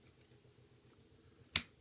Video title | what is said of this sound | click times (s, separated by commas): Dino SuperCharge Deluxe Spino Zord Review | you just go ahead and pop one in you'll hear a click | 1.6 s